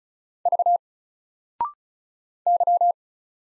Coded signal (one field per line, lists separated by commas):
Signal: Morse code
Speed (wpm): 36 wpm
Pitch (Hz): 700 Hz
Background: none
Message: V Y